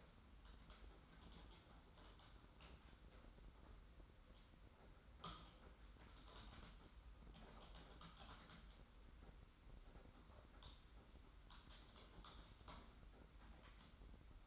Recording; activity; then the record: daily activity, microphone in the room; typing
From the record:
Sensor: 3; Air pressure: 991.7 hPa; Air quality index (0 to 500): 187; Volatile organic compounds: 1000 ppm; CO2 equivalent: 6277 ppm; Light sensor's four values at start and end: 33/95/39/33 and 33/95/39/33